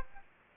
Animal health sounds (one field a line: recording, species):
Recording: mosquito wingbeat signal from an infrared sensor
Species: Aedes aegypti